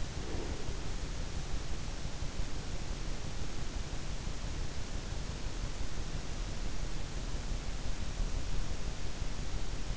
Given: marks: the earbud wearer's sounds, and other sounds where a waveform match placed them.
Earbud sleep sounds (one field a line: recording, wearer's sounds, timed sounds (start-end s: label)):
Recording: sounds in sleep by an in-ear microphone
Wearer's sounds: breath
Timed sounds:
0.00-0.97 s: breath